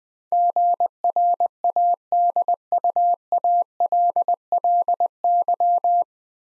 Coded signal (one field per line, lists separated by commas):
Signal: Morse code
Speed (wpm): 20 wpm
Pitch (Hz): 700 Hz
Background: none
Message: GRADUALLY